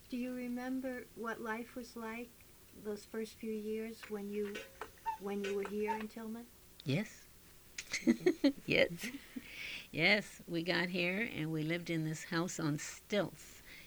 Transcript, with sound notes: Do you remember what life was like those first few years when you, when you were here in Tillman? (a cuckoo clock chimes)
Yes. Yes. We got here, and we lived in this house on stilts.